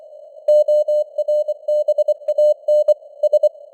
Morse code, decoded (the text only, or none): ORBAN S